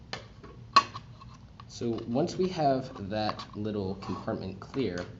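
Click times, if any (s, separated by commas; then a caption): 0.8 s. A MakerBot Replicator Mini+ 3D printer build plate slides into its slot on the bed mount and clicks into place at 0.8 s, held by magnets underneath, after a faint tick at 0.1 s. Someone then talks. The plate is seated.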